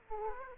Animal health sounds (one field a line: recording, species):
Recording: mosquito wingbeat signal from an infrared sensor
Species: Aedes aegypti